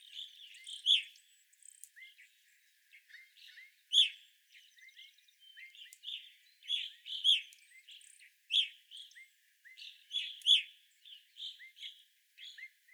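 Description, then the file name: Evening grosbeaks give loud clipped chirps at irregular intervals amid constant softer twittering and short hooked whistles from several birds. Evening grosbeaks, 25 April 2021. "2021-04-25 Evening Grosbeaks"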